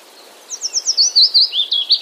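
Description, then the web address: Willow warbler song: after a short quiet start, a phrase of soft whistled notes begins high and slides lower, delivered quickly and evenly. Wroblowe, Poland, 3 May 2014. "wroblowe kontra piecuszek 03 05 2014"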